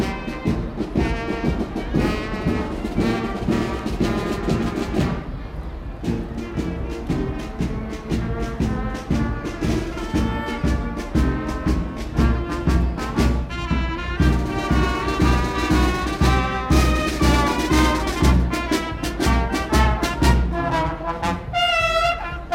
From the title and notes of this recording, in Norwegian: Lyden av jublende barnetog og korps på 17.